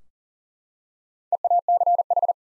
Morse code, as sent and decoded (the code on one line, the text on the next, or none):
. .- -.-. ....
EACH